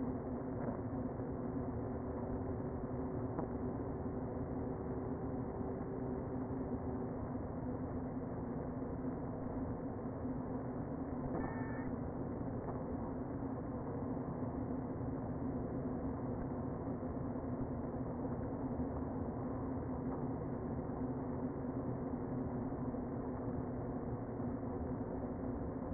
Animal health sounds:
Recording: honeybee colony, microphone inside the hive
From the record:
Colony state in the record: queen present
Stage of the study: before two queens were removed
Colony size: about 60,000 bees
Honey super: yes

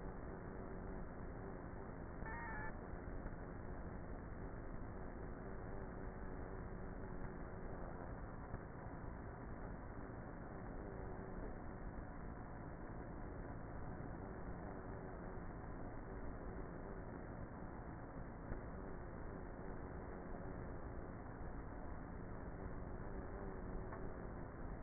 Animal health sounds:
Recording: honeybee colony, microphone inside the hive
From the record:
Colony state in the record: queenless with a low population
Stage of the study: before two queens were removed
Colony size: about 30,000 bees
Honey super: no

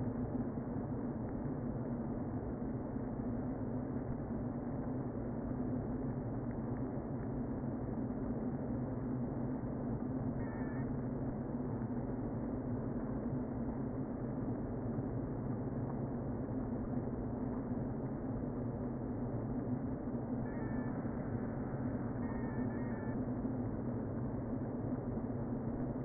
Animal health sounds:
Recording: honeybee colony, microphone inside the hive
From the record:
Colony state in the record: queen present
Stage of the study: before two queens were removed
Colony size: about 60,000 bees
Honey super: yes

